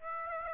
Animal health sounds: mosquito wingbeat signal from an infrared sensor; Aedes aegypti

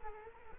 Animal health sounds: mosquito wingbeat signal from an infrared sensor; Culex quinquefasciatus

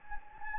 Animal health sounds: mosquito wingbeat signal from an infrared sensor; Anopheles gambiae

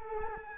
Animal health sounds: mosquito wingbeat signal from an infrared sensor; Culex quinquefasciatus

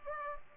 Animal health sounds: mosquito wingbeat signal from an infrared sensor; Culex pipiens

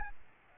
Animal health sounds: mosquito wingbeat signal from an infrared sensor; Aedes albopictus

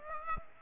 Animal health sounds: mosquito wingbeat signal from an infrared sensor; Aedes aegypti

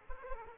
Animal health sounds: mosquito wingbeat signal from an infrared sensor; Aedes aegypti

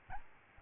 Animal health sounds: mosquito wingbeat signal from an infrared sensor; Aedes albopictus

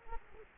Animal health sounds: mosquito wingbeat signal from an infrared sensor; Culex quinquefasciatus

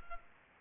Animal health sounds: mosquito wingbeat signal from an infrared sensor; Aedes aegypti

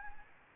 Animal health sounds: mosquito wingbeat signal from an infrared sensor; Anopheles gambiae

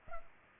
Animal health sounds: mosquito wingbeat signal from an infrared sensor; Culex pipiens

